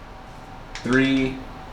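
A retractable buttstock on a rifle buffer tube is handled as it is about to be slid toward one of its lock positions. Someone talks briefly over a quiet background, and nothing has seated or clicked yet.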